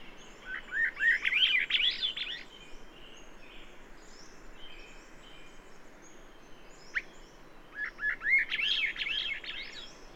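Bird song: two similar rapid warbling phrases several seconds apart, high swooping notes run together, a sharp click between them.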